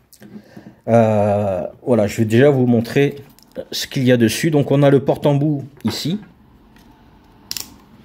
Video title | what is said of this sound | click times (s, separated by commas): Revue et test du Victorinox Delémont Ranger W Grip 174. | donc il il s'enclenche bien il y a pas de souci | 7.5 s, 7.6 s